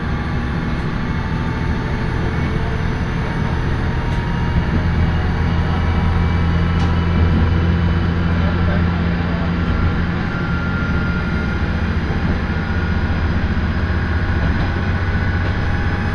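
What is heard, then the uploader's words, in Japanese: A ride on a local railway train, heard from inside the car. A steady, low engine drone and rumble hold at an even level throughout, with a faint hum layered on top and occasional light clicks from the track. 樽見鉄道 モレラ岐阜→樽見。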